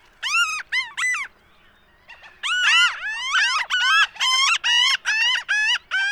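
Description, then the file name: Franklin's gull giving nasal, harmonic-rich arched calls: two quick pairs, a pause, then a rapid, slightly overlapping run of about a dozen notes. "Franklins Gull - Leucophaeus pipixcan"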